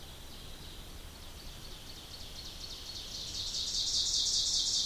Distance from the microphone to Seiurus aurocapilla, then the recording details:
about 100 m. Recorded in boreal forest in Alberta, Canada, on 2 June 2016 at 07:11. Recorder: SongMeter 3, array SBT-3-7. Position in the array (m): 278 m, 34 m. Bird 10